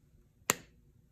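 A plastic cap is pushed onto the plastic tube of a lowered glue stick. A single sharp, bright snap is heard at 0.5 s over a quiet background, confirming the cap is seated.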